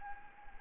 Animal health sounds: mosquito wingbeat signal from an infrared sensor; Anopheles gambiae

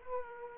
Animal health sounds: mosquito wingbeat signal from an infrared sensor; Aedes aegypti

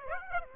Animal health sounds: mosquito wingbeat signal from an infrared sensor; Aedes aegypti

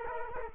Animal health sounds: mosquito wingbeat signal from an infrared sensor; Culex quinquefasciatus

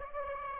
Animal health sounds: mosquito wingbeat signal from an infrared sensor; Aedes aegypti

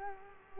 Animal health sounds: mosquito wingbeat signal from an infrared sensor; Culex quinquefasciatus

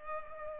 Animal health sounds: mosquito wingbeat signal from an infrared sensor; Culex pipiens

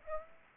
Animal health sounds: mosquito wingbeat signal from an infrared sensor; Aedes aegypti

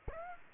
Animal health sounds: mosquito wingbeat signal from an infrared sensor; Aedes aegypti

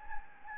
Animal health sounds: mosquito wingbeat signal from an infrared sensor; Anopheles gambiae

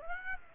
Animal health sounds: mosquito wingbeat signal from an infrared sensor; Aedes aegypti

